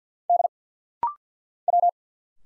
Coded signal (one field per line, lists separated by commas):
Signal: Morse code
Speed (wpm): 50 wpm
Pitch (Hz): 700 Hz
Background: none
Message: D W